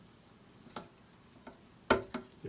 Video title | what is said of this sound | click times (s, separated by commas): How to fix leaky toilet | There it is. You can hear a click. | 1.9 s